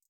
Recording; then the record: hydrophone in a shrimp aquaculture tank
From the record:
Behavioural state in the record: feeding